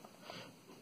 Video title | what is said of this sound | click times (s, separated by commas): The Impossible Puzzle Made Possible By FDM Printing | there's the click we're locked back in place | 0.1 s